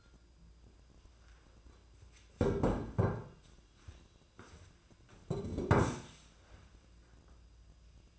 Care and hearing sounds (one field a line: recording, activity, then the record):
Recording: daily activity, microphone in the room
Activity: sit down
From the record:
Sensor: 2